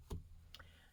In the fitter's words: You should hear a click.